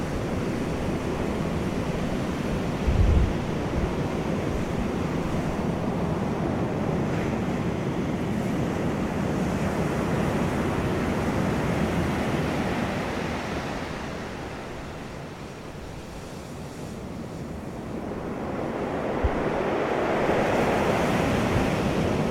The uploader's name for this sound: Ocean Waves Sound